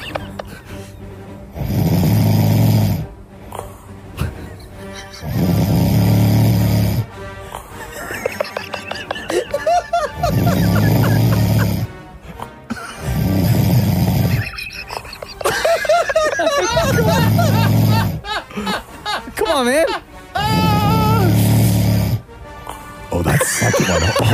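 Loud, low rumbling snores recur about every four to five seconds, about six in all, with laughter and chatter between them.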